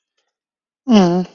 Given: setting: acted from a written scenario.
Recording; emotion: vocal sound without words; sympathy